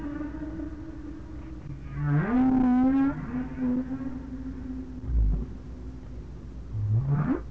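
Whale calls: a harmonic upsweep rising into a long steady moan around two seconds in, a lower held tone, then another sharp upward sweep at the close.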